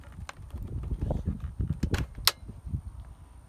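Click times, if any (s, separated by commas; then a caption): 2.3 s. A chain brake mechanism is pressed into a Husqvarna chainsaw housing under steady pressure, with low rubbing and handling noise and a few small clicks. It ends in one sharp, loud snap at 2.3 s as the chain brake locks into place.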